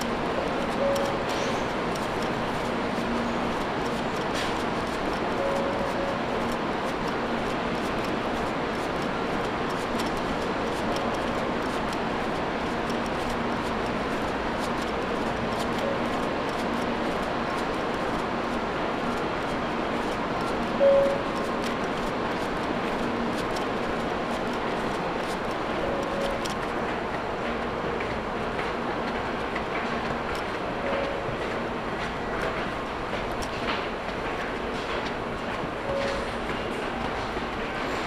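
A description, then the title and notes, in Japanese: A Tokaido Shinkansen Kodama train runs from Nagoya toward Toyohashi, heard from the unreserved car as a steady, dense rumble with a low hum underneath. Faint clicks and rattles recur throughout, with one brief louder knock near the twenty-second mark. 東海道新幹線 名古屋→豊橋 こだま号自由席。14号車に乗車しました。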